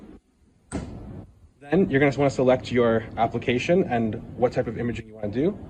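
A black UV stain-free imaging tray is pushed back into the drawer of a gel documentation imager, and a strong, sharp snap at 0.7 s shows it has seated. After the snap, someone talks.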